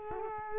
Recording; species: mosquito wingbeat signal from an infrared sensor; Culex quinquefasciatus